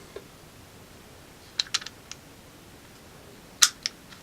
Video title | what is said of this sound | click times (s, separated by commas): Sig Sauer P238 | snaps right into place and you're done | 3.6 s